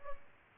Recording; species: mosquito wingbeat signal from an infrared sensor; Aedes albopictus